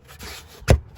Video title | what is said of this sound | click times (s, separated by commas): 2010-2015 Hyundai Elantra Pcv Replacement | it down till you hear all four clicks | 0.7 s